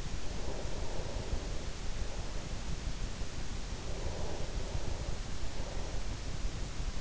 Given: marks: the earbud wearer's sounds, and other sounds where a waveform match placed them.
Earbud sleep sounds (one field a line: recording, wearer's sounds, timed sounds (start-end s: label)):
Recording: sounds in sleep by an in-ear microphone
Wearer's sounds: breath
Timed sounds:
0.00-3.56 s: breath
3.78-6.63 s: breath